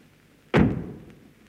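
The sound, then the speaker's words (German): The heavy door of a lion cage at a zoo slams shut with a sharp, loud impact, followed by a low, booming rumble that slowly fades out. “Und die Tür hinter dir zugeschlagen.”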